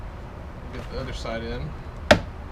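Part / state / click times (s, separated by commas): mirror glass into side mirror housing / seated / 2.1 s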